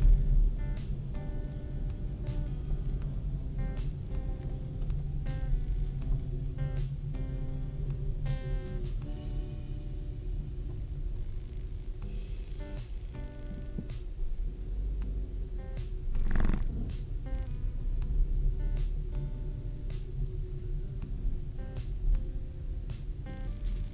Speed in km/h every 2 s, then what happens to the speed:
24, 21, 18, 18, 14, 10, 9, 8, 13, 15, 12, 12.
0-11 slows to 9. 14-18 speeds up to 15.